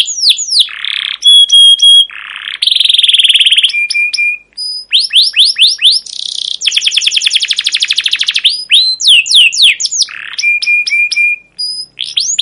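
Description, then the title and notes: Canary song mixing sharp chirps, pure whistled notes, buzzy trills and rolling rapid phrases in quick succession. Captive canary singing a long 'cuit cuit ngerol' chirping song, used as a lure and master song for young canaries learning to sing. "CUIT CUIT NGEROL GACOR PANJANG Kenari Pancingan KENAR. PANCINGAN Kenari GACOR PANJANG Cuit CUIT EMOSI MASTERAN Kenari PAUD belajar BUNYI. burung kenari"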